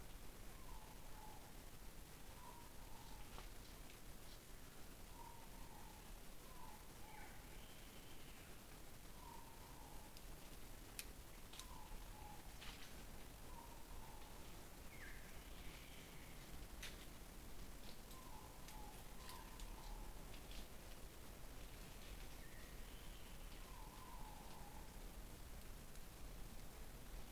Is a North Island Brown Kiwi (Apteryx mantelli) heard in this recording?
no